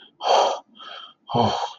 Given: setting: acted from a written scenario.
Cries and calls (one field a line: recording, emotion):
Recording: vocal sound without words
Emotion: relief